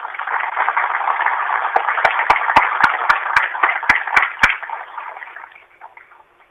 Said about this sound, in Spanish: Para quien quiero hacer un reconocimiento en el día de hoy y para quienes quiero pedir un fuerte aplauso.